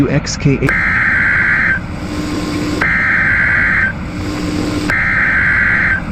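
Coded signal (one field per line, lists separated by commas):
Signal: Emergency Alert System (SAME) tones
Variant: header bursts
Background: speech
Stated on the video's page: Simulated NOAA Weather Radio EAS scenario.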